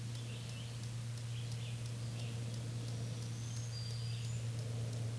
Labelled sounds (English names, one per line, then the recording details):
Black-throated Green Warbler song
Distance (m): 30 m
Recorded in a Pennsylvania forest on 1 June 2023 at 08:59
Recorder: AudioMoth, point grid3_38_low
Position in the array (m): 218 m, 137 m